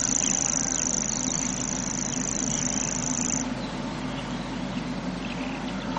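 Grasshopper warbler delivering a steady high-pitched reel for over three seconds, then falling silent, leaving faint bird notes and a continuous low hum.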